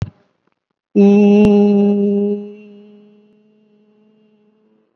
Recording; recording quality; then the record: sustained vowel as in beet; excellent, no background noise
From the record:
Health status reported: COVID-19 positive, mild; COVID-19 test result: positive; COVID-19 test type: RT-PCR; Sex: female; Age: 74 years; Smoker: no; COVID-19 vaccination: both doses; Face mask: not worn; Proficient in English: no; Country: India